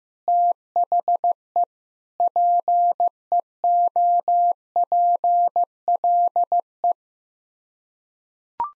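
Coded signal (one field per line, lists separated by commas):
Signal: Morse code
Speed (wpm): 16 wpm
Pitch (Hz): 700 Hz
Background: none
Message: THE PEOPLE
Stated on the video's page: Sets of nine common English words sent at 15 wpm as a head-copy drill; each set is sent, spoken, then sent again.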